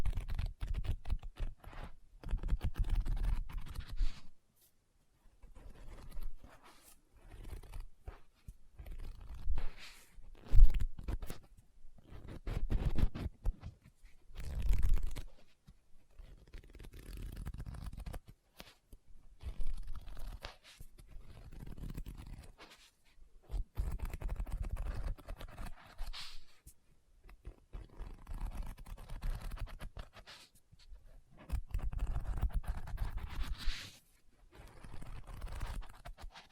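Tapping, scratching and page turning on a book come in irregular bursts of dry, crackly low-weighted scraping, separated by brief silent pauses throughout.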